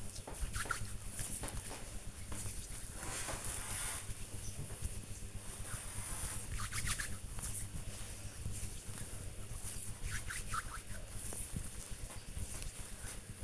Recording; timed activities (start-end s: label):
household activities, microphone on the right wrist
0.00-13.17 s: cream hands